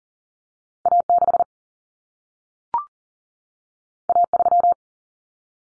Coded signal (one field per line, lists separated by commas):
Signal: Morse code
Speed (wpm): 40 wpm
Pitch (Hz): 700 Hz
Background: none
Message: A6 A3